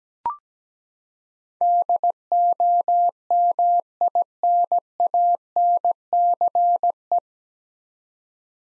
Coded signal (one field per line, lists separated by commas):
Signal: Morse code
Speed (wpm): 17 wpm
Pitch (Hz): 700 Hz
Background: none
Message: DOMINANCE